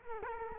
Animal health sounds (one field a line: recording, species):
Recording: mosquito wingbeat signal from an infrared sensor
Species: Culex quinquefasciatus